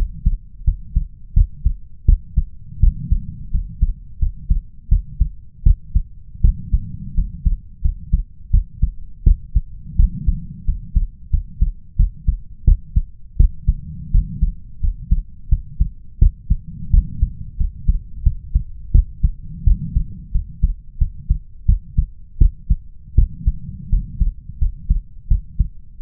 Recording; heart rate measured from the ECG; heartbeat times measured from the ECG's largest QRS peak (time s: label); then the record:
heart sounds by stethoscope; 85 bpm
0.64 s: heartbeat
1.33 s: heartbeat
2.05 s: heartbeat
2.80 s: heartbeat
3.51 s: heartbeat
4.19 s: heartbeat
4.88 s: heartbeat
5.63 s: heartbeat
6.41 s: heartbeat
7.14 s: heartbeat
7.81 s: heartbeat
8.50 s: heartbeat
9.23 s: heartbeat
9.96 s: heartbeat
10.64 s: heartbeat
11.30 s: heartbeat
11.96 s: heartbeat
12.64 s: heartbeat
13.36 s: heartbeat
14.11 s: heartbeat
14.80 s: heartbeat
15.49 s: heartbeat
16.18 s: heartbeat
16.90 s: heartbeat
17.57 s: heartbeat
18.23 s: heartbeat
18.91 s: heartbeat
19.64 s: heartbeat
20.31 s: heartbeat
20.98 s: heartbeat
21.66 s: heartbeat
22.38 s: heartbeat
23.15 s: heartbeat
23.89 s: heartbeat
24.58 s: heartbeat
25.28 s: heartbeat
25.99 s: heartbeat
From the record:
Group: healthy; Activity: cold pressor test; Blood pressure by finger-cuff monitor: 120/83 mmHg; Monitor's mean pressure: 95 mmHg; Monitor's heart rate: 84 bpm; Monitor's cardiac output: 6.5 L/min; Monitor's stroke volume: 76 mL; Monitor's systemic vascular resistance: 1110 dyn s/cm5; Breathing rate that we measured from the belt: 17 breaths a minute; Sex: male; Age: 21 years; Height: 180 cm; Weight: 67.5 kg